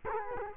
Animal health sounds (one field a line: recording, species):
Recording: mosquito wingbeat signal from an infrared sensor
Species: Culex quinquefasciatus